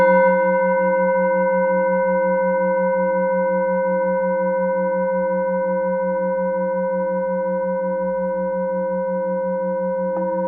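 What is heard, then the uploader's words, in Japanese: A singing bowl rings with a sustained, steady tone that slowly fades across the whole clip. A low pulsing beat wobbles regularly underneath the clear upper tones, and a soft tap or touch is heard near the very end. 10分間のシンギングボウルライブ。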